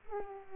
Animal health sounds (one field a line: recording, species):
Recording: mosquito wingbeat signal from an infrared sensor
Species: Culex pipiens